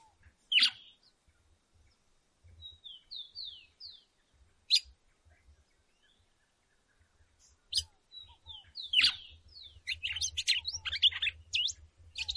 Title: Canto Galo Campina Fêmea. galo de - campina fêmea chamando e macheando fogosa